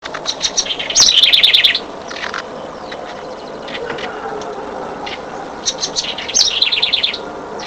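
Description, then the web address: House wren song in two bursts of fast high twittered notes about five seconds apart, with scattered chirps and background noise between. "cantos"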